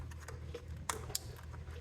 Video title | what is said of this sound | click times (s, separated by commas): Valve Cover Gasket Replacement - 2008 Infiniti FX35 | and you'll hear it click when you plug it in so that's how you know it's in properly | 0.9 s